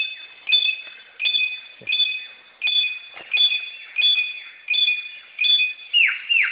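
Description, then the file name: Samyong giving bright ringing chip notes with a tinny overtone, about one every 0.7 seconds, then ending in two quick downward-swept whistles. Recorded in forest. "suara burung samyong di hutan"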